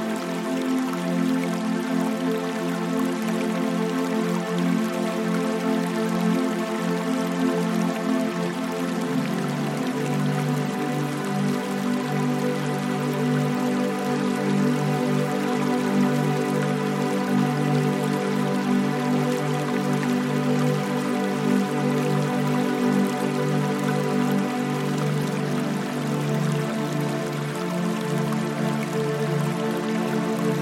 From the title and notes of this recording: Graceful River Sounds & Ambient Music. The delicate harmony of river sounds and the playful babbling brook.